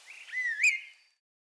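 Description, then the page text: Chestnut-crowned laughingthrush giving a single brief whistled call that wavers, then flicks upward before fading into silence. "Chestnut-Crowned Laughingthrush Call. Quick Sounds"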